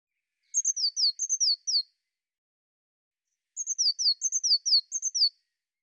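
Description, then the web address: Bird uttering two rapid phrases of several high, descending chirps each, separated by a pause of over a second. "cianscape birddata Deverinetal 2025 File cleaned normalized Bird Cy Ca"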